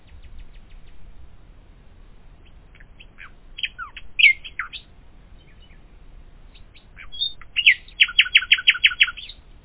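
Common nightingale singing: faint ticking notes, then varied whistles and swoops, ending with a rapid, loud series of identical repeated notes.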